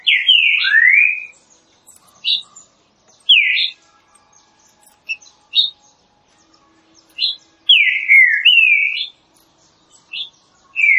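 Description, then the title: Green-winged saltator singing rich falling whistles interspersed with short sharp high notes, phrases recurring every few seconds. Classic song style of the green-winged saltator, presented for training birds. "Canto Clássico Trinca Ferro TREINAMENTO"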